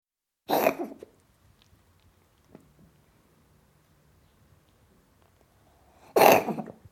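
Two short, harsh, hacking coughing bursts from a cat, about five seconds apart, with near silence between them. Each burst lasts roughly half a second.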